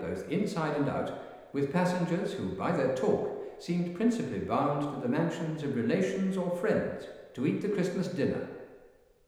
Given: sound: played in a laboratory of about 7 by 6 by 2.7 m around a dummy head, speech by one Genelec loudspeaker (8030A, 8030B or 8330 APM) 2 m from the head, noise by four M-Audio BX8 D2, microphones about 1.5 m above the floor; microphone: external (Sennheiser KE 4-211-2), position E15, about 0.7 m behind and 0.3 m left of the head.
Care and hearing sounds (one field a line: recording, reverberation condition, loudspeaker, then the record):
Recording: male speech in English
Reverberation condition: high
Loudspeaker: 150 degrees to the left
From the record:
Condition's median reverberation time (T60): about 1300 ms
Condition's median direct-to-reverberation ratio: about -4.0 dB